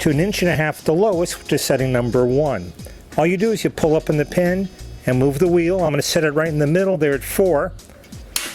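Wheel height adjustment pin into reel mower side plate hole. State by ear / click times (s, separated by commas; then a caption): seated / 8.4 s. Someone talks while adjusting the cutting height on a Fiskars StaySharp 17-inch reel mower, pulling up the spring pin on a wheel and moving the wheel to height setting 4. The metal wheel height adjustment pin snaps into the hole in the side plate with a sharp click at 8.4 s, seating it.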